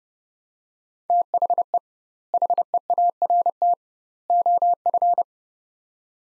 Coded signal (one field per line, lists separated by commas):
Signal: Morse code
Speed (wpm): 32 wpm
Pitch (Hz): 700 Hz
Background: none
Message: THE HEART OF